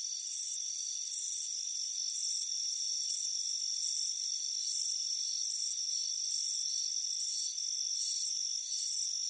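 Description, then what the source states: Crickets give fast shrill chirps about three times per second, some bursts longer than others, above a constant high drone. Chirping crickets on a warm afternoon at a front porch.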